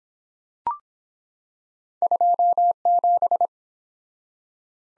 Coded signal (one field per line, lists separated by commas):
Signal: Morse code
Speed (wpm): 23 wpm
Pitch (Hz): 700 Hz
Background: none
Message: 27